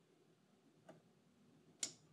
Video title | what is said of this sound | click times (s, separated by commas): 560SL - Replacing and Tensioning V-Belts | you hear it click | 1.8 s